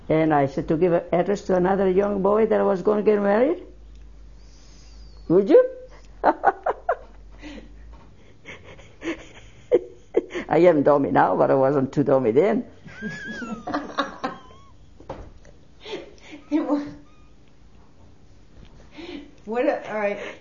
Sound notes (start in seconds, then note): 8.4 she laughs; 12.9 they laugh